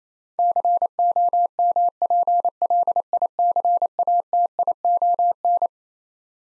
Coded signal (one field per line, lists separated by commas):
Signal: Morse code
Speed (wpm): 28 wpm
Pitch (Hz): 700 Hz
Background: none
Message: COMPLICATION